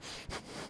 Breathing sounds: one breath in and out by a microphone near the nose and mouth; strong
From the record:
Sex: male

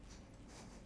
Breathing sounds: one breath in and out by a microphone near the nose and mouth; strong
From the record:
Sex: male

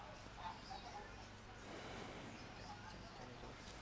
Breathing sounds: one breath in and out by a microphone near the nose and mouth; deep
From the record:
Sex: male

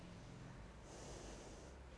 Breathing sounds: one breath in and out by a microphone near the nose and mouth; normal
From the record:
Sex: female

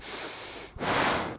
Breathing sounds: one breath in and out by a microphone near the nose and mouth; strong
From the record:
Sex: male

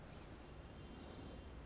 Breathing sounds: one breath in and out by a microphone near the nose and mouth; normal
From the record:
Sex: male

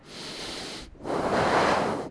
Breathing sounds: one breath in and out by a microphone near the nose and mouth; deep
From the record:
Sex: male

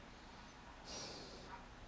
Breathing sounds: one breath in and out by a microphone near the nose and mouth; normal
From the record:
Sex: male

